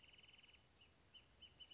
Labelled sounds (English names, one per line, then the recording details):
Wrentit
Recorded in Sonoma County, California